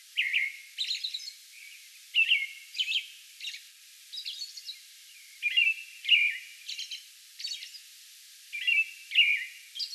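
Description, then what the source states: American robin singing repeated rich caroling phrases mixed with thin high-pitched squeaks. Song bout recorded on May 11.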